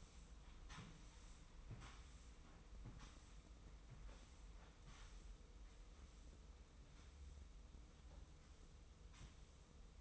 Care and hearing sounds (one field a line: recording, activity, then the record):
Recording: daily activity, microphone in the room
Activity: sweep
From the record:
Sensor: 1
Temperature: 25.3 degrees Celsius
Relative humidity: 44.0%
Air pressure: 990.5 hPa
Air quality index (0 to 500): 177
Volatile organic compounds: 1000 ppm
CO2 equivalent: 6527 ppm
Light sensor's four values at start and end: 29/67/28/31 and 29/67/28/31